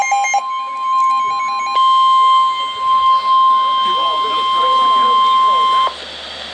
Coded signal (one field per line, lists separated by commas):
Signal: Emergency Alert System (SAME) tones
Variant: 1050 Hz attention tone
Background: speech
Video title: NOAA - Severe Thunderstorm Warning (EAS #984)